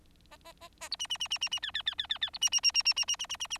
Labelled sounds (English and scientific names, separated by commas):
Bengalese Finch (Lonchura striata domestica) song